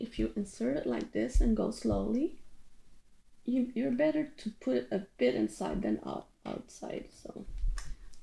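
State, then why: Not seated. A Crayola marker is pushed slowly into the Cricut pen clamp (accessory clamp A) while someone talks. Only faint handling noises are heard near 7.8 s and 8.1 s. The marker sits in place, but nothing has clicked or seated the way a Cricut pen does.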